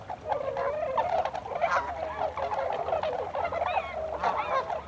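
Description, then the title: Tundra swans in a noisy flock, many soft bugling and honking calls overlapping continuously with no pauses. Several tundra swans recorded together on 26 December 2020. "2020-12-26-Tundra-Swans"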